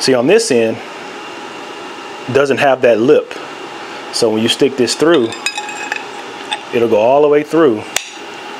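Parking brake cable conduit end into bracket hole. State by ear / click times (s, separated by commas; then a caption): seated / 5.5 s. A parking brake cable conduit end without the lip is pushed through the bracket hole while someone talks. At 5.5 s its spring teeth pass through and snap out with a sharp metallic click, followed by a couple of smaller clicks. The conduit end is seated and locked so it cannot be pulled back out.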